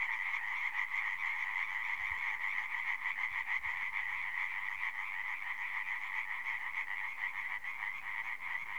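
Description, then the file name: European tree frogs in chorus: rapid, nasal, rattling calls overlapping into a steady pulsing din, several pulses per second throughout. Recorded at Puycheny, Saint-Hilaire-les-Places, France, in 2016. "Hyla-arborea Puycheny St-Hilaire-les-places Gaëlle-CAUBLOT - 2016"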